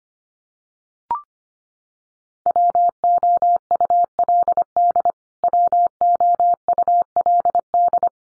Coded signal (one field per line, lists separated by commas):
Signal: Morse code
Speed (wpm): 25 wpm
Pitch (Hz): 700 Hz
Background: none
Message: WOULD WOULD